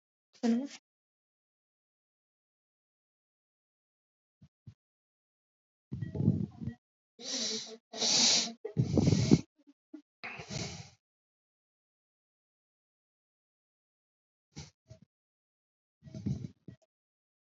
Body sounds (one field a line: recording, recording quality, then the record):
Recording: shallow breathing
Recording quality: excellent, no background noise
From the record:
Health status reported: recovered from COVID-19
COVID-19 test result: negative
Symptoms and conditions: cough, cold, breathing difficulty, fever, hypertension, diabetes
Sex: male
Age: 53 years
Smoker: not ticked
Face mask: not worn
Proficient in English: yes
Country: India